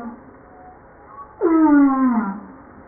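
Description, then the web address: Humpback whale song unit: a single harmonic moan starting abruptly and sliding gradually downward over about a second. 5 March 1994. "humpback 940305"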